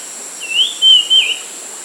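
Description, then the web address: White-chested Babbler calling: a clear whistled phrase of slurred, wavering notes, brief rising and falling, over a steady high insect hiss. Recorded at Danum on 28 June 2008. "DANUM 20080628. white-chested babbler"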